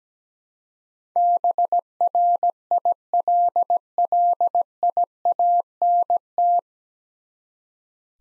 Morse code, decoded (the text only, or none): BRILLIANT